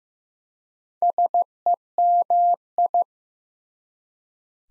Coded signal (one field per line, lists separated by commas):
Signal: Morse code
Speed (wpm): 15 wpm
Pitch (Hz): 700 Hz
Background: none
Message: SEMI